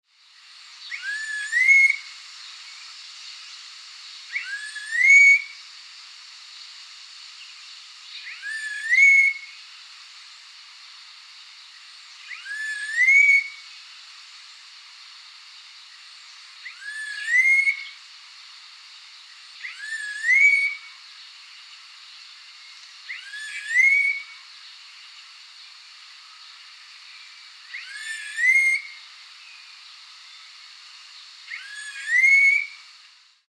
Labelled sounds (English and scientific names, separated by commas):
Red-tailed Laughingthrush (Trochalopteron milnei)